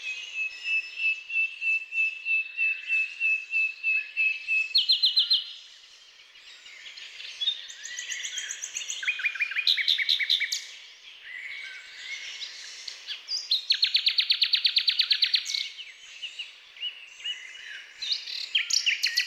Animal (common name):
Common Nightingale